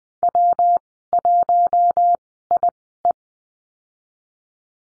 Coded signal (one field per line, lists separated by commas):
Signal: Morse code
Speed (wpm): 20 wpm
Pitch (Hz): 700 Hz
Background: none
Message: W1IE